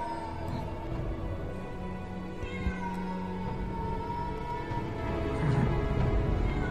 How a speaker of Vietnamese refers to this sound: Con mèo đen cũng chạy đi xa, chỉ còn lại tiếng của nó kêu văng vẳng trong màn đêm ghê rợn.